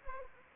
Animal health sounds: mosquito wingbeat signal from an infrared sensor; Anopheles arabiensis

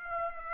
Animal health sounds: mosquito wingbeat signal from an infrared sensor; Aedes aegypti

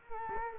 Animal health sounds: mosquito wingbeat signal from an infrared sensor; Culex quinquefasciatus

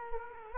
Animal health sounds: mosquito wingbeat signal from an infrared sensor; Culex quinquefasciatus

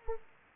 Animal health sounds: mosquito wingbeat signal from an infrared sensor; Anopheles arabiensis

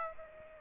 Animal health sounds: mosquito wingbeat signal from an infrared sensor; Aedes aegypti

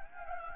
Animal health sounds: mosquito wingbeat signal from an infrared sensor; Anopheles gambiae

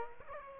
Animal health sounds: mosquito wingbeat signal from an infrared sensor; Aedes aegypti

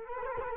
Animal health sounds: mosquito wingbeat signal from an infrared sensor; Culex quinquefasciatus

